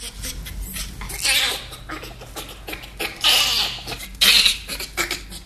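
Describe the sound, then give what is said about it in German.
Breathy, raspy ape laughter, panting bursts on both inhale and exhale, coming in uneven pulses with a few louder, higher-pitched squeals, no human talk. “weil Affen beim Lachen ein- und ausatmen.”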